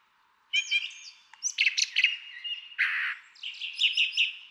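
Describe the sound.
Brown Thrasher song, a short burst of mixed whistles, buzzy and raspy notes run together over a few seconds.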